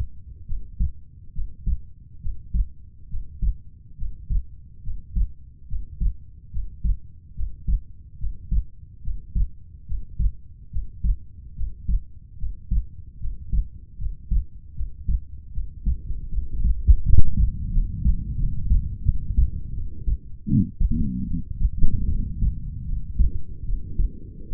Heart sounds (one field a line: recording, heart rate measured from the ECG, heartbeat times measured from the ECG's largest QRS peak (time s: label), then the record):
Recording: heart sounds by stethoscope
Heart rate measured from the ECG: 75 bpm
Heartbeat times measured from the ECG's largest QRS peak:
0.46 s: heartbeat
1.33 s: heartbeat
2.20 s: heartbeat
3.09 s: heartbeat
3.97 s: heartbeat
4.82 s: heartbeat
5.67 s: heartbeat
6.51 s: heartbeat
7.34 s: heartbeat
8.18 s: heartbeat
9.02 s: heartbeat
9.86 s: heartbeat
10.70 s: heartbeat
11.55 s: heartbeat
12.37 s: heartbeat
13.19 s: heartbeat
13.97 s: heartbeat
14.74 s: heartbeat
15.52 s: heartbeat
16.30 s: heartbeat
17.02 s: heartbeat
17.71 s: heartbeat
18.36 s: heartbeat
19.03 s: heartbeat
19.72 s: heartbeat
20.46 s: heartbeat
21.26 s: heartbeat
22.07 s: heartbeat
22.85 s: heartbeat
23.64 s: heartbeat
24.49 s: heartbeat
From the record:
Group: healthy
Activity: breath hold 0-20 s, rest 20-25 s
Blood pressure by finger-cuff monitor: 108/68 mmHg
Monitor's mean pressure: 85 mmHg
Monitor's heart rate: 73 bpm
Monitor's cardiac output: 6.4 L/min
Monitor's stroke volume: 90 mL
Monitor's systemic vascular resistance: 940 dyn s/cm5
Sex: female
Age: 22 years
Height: 160 cm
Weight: 45 kg